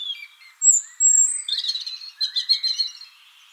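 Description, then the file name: European robin song with long thin high whistles, followed by a fast tinkling, stuttering trill of sweet warbled notes. "Erithacus rubecula"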